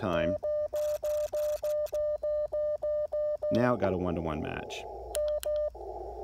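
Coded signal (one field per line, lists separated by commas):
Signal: none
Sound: antenna tuner beeps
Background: speech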